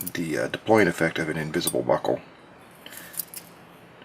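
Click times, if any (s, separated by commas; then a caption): 3.2 s. Someone talks, then the hidden spring deployant clasp on a Chanel J12 Chromatic watch bracelet is folded shut, with faint metallic rattling as it closes. The invisible buckle snaps into place with a sharp click at 3.2 seconds, seating the clasp on the bracelet.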